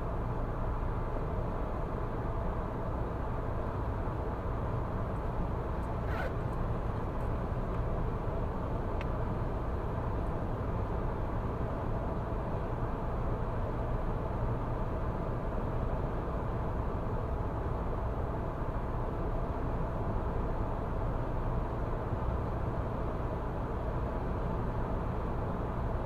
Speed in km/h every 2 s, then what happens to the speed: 105, 105, 105, 105, 105, 105, 105, 105, 105, 105, 105, 105, 105.
0-26 steady at about 105.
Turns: none.